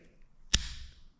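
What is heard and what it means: The mechanical key blade of a 2020 Ford/Lincoln smart key fob is pushed back into its slot in the plastic fob housing after a battery change. A single sharp click at 0.5 s is followed by a short fading high-pitched ring. The blade snaps back and seats in the fob.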